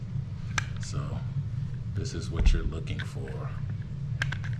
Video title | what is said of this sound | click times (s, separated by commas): Glock & S&W SDVE Breakdown and Cleaning | and push it back until it clicks. | 0.6 s